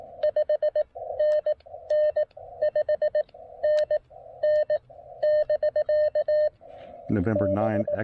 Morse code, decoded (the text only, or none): 5NN 5NN <BK> B